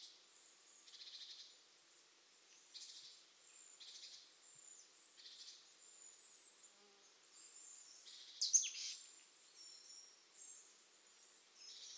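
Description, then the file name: Marsh tit calling softly: repeated buzzy, scratchy bursts with thin high notes every one to three seconds, one sharper louder note about two-thirds of the way through. "Poecile palustris"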